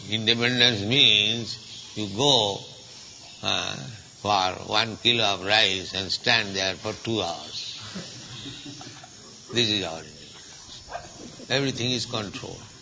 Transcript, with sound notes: Independence means you go for one kilo of rice and stand there for two hours. (laughter) This is our independence. Everything is controlled.